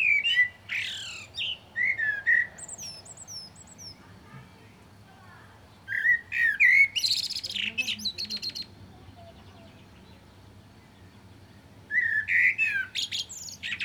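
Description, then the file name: Common blackbird song in three separate phrases of rich whistled notes mixed with scratchy, very high twitters, with pauses of several seconds between them. "Turdus merula"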